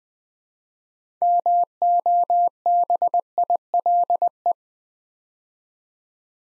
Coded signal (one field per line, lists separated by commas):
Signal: Morse code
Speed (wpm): 20 wpm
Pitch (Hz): 700 Hz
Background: none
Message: MOBILE